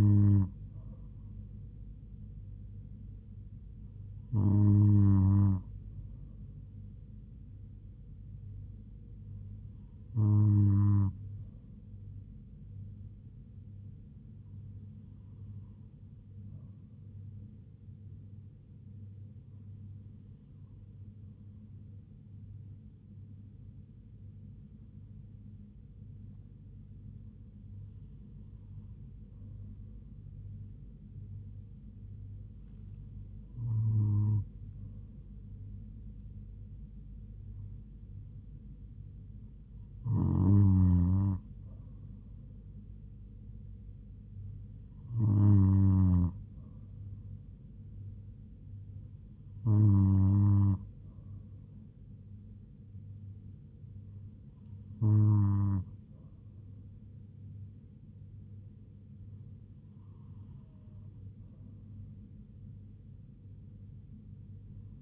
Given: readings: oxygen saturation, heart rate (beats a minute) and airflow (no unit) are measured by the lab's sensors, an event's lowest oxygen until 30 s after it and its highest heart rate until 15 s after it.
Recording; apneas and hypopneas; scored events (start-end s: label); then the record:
breathing in sleep by a smartphone at the bedside; none
none scored
From the record:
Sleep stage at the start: N2 (light sleep); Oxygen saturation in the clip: 96 to 97%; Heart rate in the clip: 70 to 78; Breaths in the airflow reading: 14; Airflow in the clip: -3.7 to 3.2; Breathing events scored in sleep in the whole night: 158 in 7.3 hours asleep